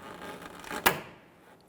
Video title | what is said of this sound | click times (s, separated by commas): How to Replace Liftgate Lift Supports 2007-2017 Jeep Patriot | You're going to hear it snap into place. | 0.9 s